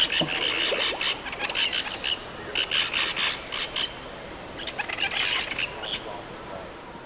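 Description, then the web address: Short-tailed parrot calls: clusters of sharp, harsh notes in quick bursts, with pauses between bursts, over a steady background hiss. Flock calls; eastern lowlands of South America. "Natures Songs S America Eastern Lowlands Graydidascalus brachyurus, calls flock"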